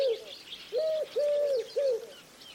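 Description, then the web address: Bird giving hollow coos: a cut-off one at the start, then a group of three with the middle note longest and level, with faint higher chirps behind. "Bird Only"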